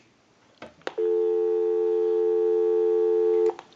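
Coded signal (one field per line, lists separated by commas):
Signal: telephone call progress tone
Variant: North America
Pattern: dial tone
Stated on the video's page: Tone heard on a Western Electric 554 rotary wall telephone during initial checkout and repair.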